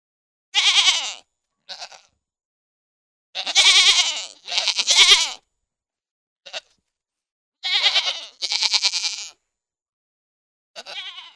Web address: goat